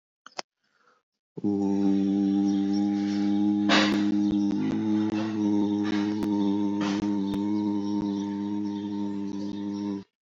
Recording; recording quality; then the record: sustained vowel as in boot; excellent, no background noise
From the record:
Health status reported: healthy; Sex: male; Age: 40 years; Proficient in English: yes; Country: India